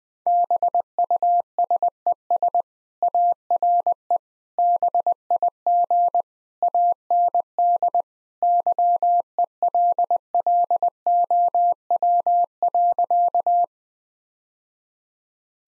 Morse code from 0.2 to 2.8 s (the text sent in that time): BUSES